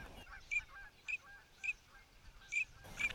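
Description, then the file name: Teal giving short, high whistled notes, spaced roughly every half second to second, with faint softer notes between them. "Tiny Teal Ducks"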